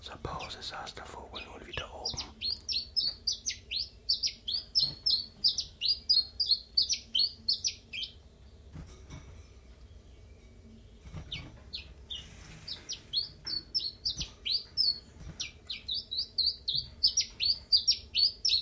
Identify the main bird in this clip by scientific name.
Phylloscopus collybita